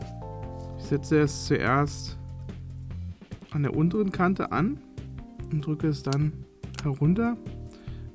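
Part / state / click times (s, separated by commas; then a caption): phone mainboard into the mid-frame housing / seated / 7.7 s. A Huawei Mate S smartphone mainboard is set at its lower edge, hooked in at three places, and pressed down into the mid-frame housing while someone talks over background music. A sharp click at 7.7 s marks the board seating in place.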